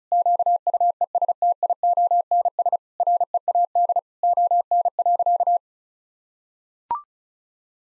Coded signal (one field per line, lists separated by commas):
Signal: Morse code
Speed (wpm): 36 wpm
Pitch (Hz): 700 Hz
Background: none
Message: QUESTIONS READ ON.